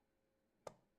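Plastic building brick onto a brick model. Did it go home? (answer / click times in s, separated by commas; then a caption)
yes / 0.7 s. A plastic building-brick piece is pressed onto a brick model after a misplaced part was fixed. A single sharp click sounds at 0.7 s against a quiet background, and the piece is locked into place.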